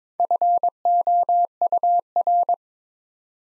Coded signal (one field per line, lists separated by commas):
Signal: Morse code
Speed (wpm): 22 wpm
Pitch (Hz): 700 Hz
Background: none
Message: FOUR